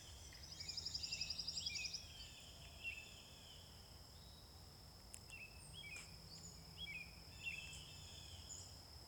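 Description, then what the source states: Pine Warbler song: a fast trill of evenly repeated notes lasting about a second and a half, over a steady insect drone with scattered chirps from other birds. Winder, Georgia, USA, 17 June 2020, 7:02 PM EDT.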